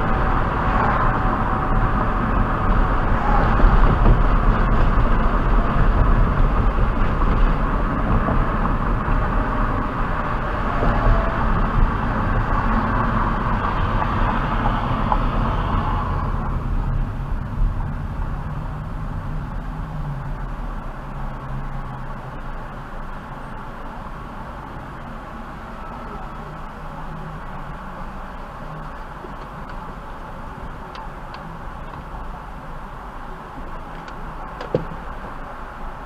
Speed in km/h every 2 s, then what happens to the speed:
50, 48, 47, 45, 42, 40, 34, 26, 16, 8, 0, 0, 0, 0, 0, 0, 0, 0.
0-19 slows to 0. 19-36 standing.